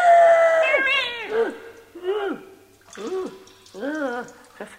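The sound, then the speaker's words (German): A cat meows about four or five times in the German radio play Meister Eder und sein Pumuckl: a long opening wail, then shorter rising-and-falling meows at a steady, spaced-out pace. The meows are moderately loud and clear, with no talking over them. “Liebe Katze, es ist für dich gar kein Spaß, wenn du reinkommst.”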